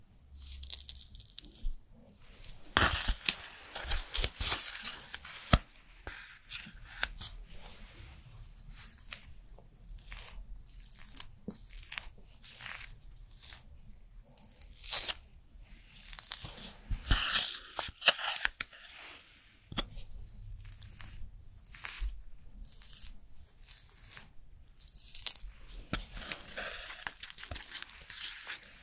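A Korean skincare routine in crisp, irregular bursts of rustling, tearing and crinkling, with sharp taps and brief quiet gaps throughout.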